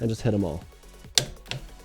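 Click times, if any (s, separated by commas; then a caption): 1.2 s. A click-type torque wrench set to 92 ft-lbs tightens a steel wheel lug bolt on the hub of a GTI in a star pattern while someone talks. The wrench gives a sharp click at 1.2 s, followed by a softer sharp sound at about 1.5 s. The bolt is confirmed at the torque spec.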